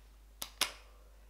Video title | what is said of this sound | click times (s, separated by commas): Gucci Marmont Vs Gucci Dionysus: The ULTIMATE Mini Bag Review! | get two clicks the other one just gives you one click so to get it out you're | 0.4 s, 0.6 s